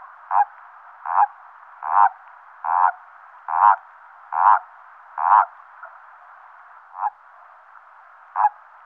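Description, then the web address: Common toad croaking: nine short pulsed croaks, at first about every three-quarters of a second, then spacing out. Recorded at a wetland at Sissonne. "Sissonne. Crapaud commun"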